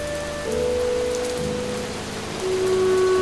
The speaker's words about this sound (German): Regen prasselte auf uns herab. Ich hatte ihn vorher gar nicht bemerkt.